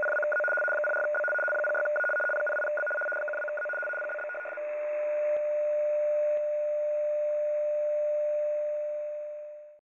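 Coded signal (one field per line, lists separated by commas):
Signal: RTTY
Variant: 75 baud, 850 Hz shift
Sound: fast warbling two-tone data for about 4.5 seconds, then a steady single tone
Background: radio static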